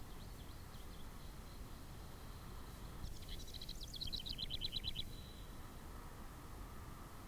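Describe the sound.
House wren singing one rapid, chattering phrase that tumbles down into a quick run of repeated notes, after a few faint high notes, over constant low background rumble.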